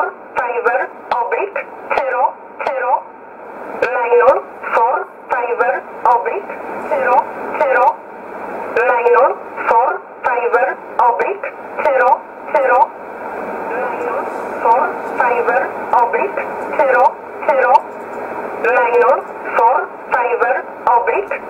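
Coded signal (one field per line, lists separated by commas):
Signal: numbers station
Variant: E11 Oblique, English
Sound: a woman's voice reading short, evenly spaced words, probably numbers, over shortwave radio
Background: radio static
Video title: 03 06 2020 E11 Oblique Numbers station in English 0641 on 15800 unknown tx site in USB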